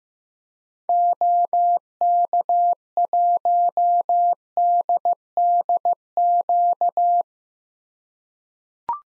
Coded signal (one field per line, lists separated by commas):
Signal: Morse code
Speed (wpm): 15 wpm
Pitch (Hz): 700 Hz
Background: none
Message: OK1DDQ